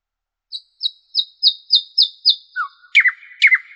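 Common nightingale song: about seven evenly spaced clear notes, then a low slurred note and sharp clicking phrases.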